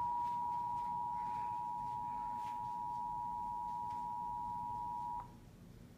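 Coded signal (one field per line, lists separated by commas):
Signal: Emergency Alert System (SAME) tones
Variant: 853 and 960 Hz attention tone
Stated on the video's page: Severe thunderstorm warning on TV, recorded with an iPhone 5S.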